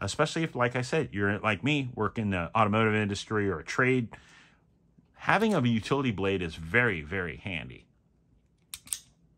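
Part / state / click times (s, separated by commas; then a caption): utility blade holder locking into multi-tool body / seated / 8.9 s. Someone talks for about eight seconds, then, after a pause, the replaceable utility blade carrier on a Gerber Prybrid Utility pocket multi-tool is swung into position and snaps into its detent lock with a sharp click at 8.9 s. The blade holder seats locked in the multi-tool body so the blade will not simply pop out.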